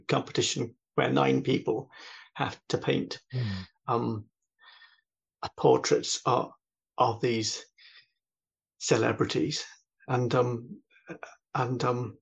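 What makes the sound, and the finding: Adult man speaking. Stuttering (stammering).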